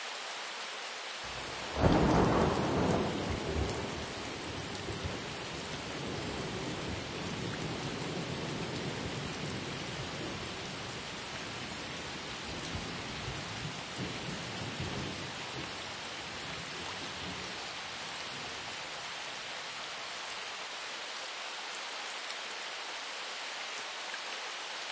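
Rain falls steadily in a rainforest, a dense, even hiss that fills the whole clip. Near two seconds a heavy low rumble swells in, like a roll of thunder, then slowly fades over the next several seconds beneath the constant downpour.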